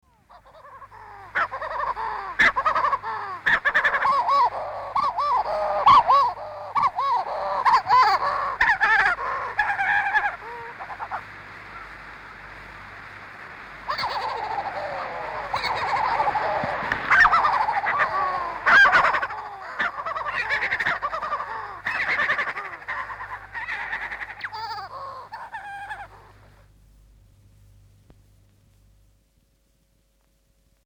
Hutton's shearwater/tītī song. Calling at burrow entrance.